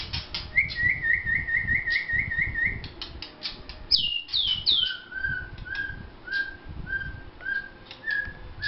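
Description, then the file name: White-rumped shama song: a fast string of repeated identical chipping whistles, then loud descending swoops and a series of evenly spaced lower whistled notes. Vietnam. "shama vietnam omkicau"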